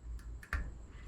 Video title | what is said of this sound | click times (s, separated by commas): The Ultimate Budget Predator 212 Build! FAST, Reliable & Affordable! | Make sure it clicks in place. | 0.5 s